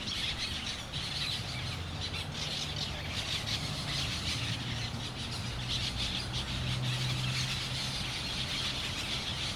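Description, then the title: Many parrots screech and chatter together in an unbroken chorus, accompanied by a low droning hum in the background. Parrots in Crespo at sunset. "Loros En Crespo Al Atardecer"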